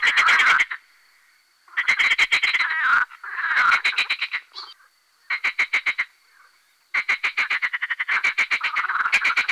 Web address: Fotoim Hangok Pelophylax ridibundus